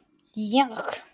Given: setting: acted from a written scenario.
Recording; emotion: vocal sound without words; disgust